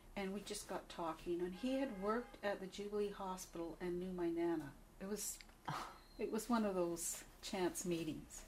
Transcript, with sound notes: and we just got talking. (car horn) And he had worked at the Jubilee Hospital and knew my nana it was -- it was one of those chance meetings.